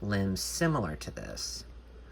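A bendable stretchy limb accessory with a ball joint is handled near the plastic arm socket of an action figure while someone talks. Only speech and faint handling noise are heard, and nothing has seated or clicked yet.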